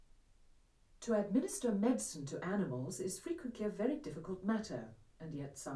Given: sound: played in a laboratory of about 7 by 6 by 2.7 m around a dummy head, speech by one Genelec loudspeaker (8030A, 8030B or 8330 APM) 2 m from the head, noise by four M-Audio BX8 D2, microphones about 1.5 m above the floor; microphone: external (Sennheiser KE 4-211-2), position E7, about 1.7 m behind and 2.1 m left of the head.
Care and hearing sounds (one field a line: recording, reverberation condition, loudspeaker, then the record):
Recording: female speech in English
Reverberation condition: low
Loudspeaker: 120 degrees to the right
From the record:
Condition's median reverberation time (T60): about 310 ms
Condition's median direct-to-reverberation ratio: about 3.5 dB